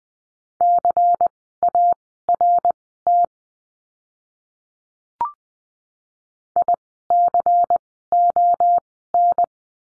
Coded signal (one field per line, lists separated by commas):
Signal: Morse code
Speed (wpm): 20 wpm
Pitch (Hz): 700 Hz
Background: none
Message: CART ICON